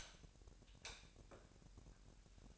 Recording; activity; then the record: daily activity, microphone in the room; light off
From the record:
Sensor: 2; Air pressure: 1011.8 hPa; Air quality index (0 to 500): 209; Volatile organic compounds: 3 ppm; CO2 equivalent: 1475 ppm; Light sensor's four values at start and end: 14/36/15/15 and 10/23/10/10